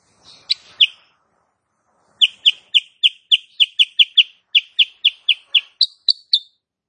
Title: Masteran Kutilang Sutra. Kutilang SUTRA BETINA GACOR nembak RAPAT